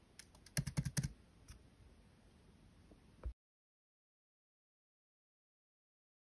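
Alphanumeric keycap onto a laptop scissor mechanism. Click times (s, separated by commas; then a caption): 0.6 s, 1.0 s. An alphanumeric keycap on a MacBook Pro (A2141, A2251, A2289 or A2338, Intel or M1) is pressed at the bottom left and then the bottom right to snap it onto the laptop's scissor mechanism. Two strong clicks land at 0.6 s and 1.0 s among lighter taps, with a final soft knock near 3.3 s before silence. The keycap is seated.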